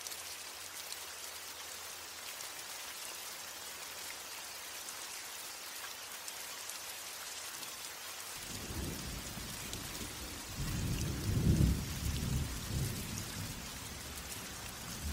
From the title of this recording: Light Thunderstorm Sounds